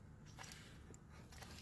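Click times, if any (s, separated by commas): none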